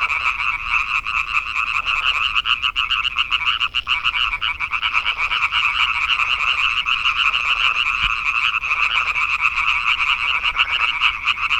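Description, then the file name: European tree frog: continuous massed croaking of European tree frogs, quick pulsed rattles overlapping into an unbroken chorus. "Hyla arborea"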